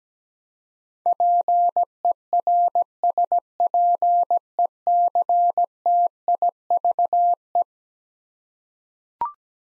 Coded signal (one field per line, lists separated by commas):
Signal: Morse code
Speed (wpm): 17 wpm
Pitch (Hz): 700 Hz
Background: none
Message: PERSPECTIVE